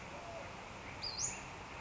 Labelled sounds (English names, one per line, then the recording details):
Western Flycatcher
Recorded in Sonoma County, California